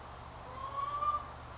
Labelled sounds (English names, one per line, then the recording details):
Chestnut-backed Chickadee
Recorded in Sonoma County, California